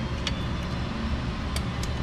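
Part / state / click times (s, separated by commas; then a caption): click torque wrench on connecting rod cap bolt / torque reached / 1.6 s. A click torque wrench tightens the second connecting rod cap bolt to 17 ft-lb over a steady low rumble. The wrench clicks at its setting at 1.6 s, confirming the bolt has reached torque.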